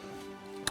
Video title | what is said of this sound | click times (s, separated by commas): Calico, Liverpool - Gym Induction - Fresh Student Living | With this design, you can just pull these up and it clicks and locks into place. | 0.7 s